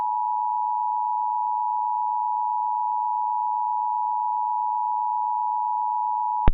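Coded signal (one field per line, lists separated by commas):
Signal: Emergency Alert System (SAME) tones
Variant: 853 and 960 Hz attention tone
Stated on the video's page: Mock EAS alert for flash flooding, though the warning text is real.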